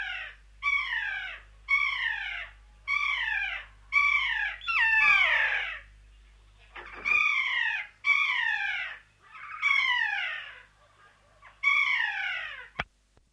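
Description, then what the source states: Kea calling in a series of about ten harsh, descending, wailing screeches with rich overtones, spaced one to two seconds apart, ending with a sharp click; faint low hum underneath. New Zealand.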